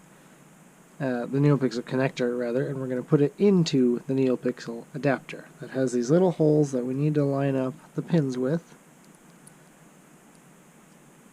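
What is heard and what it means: Someone talks while lining up the pins of a neopixel connector with the little holes in the plastic neopixel adaptor inside a lightsaber hilt, before pushing it in. After the talking stops, only faint handling ticks are heard around 9.1 and 9.5 seconds, and the connector has not yet seated or clicked.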